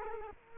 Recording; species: mosquito wingbeat signal from an infrared sensor; Culex quinquefasciatus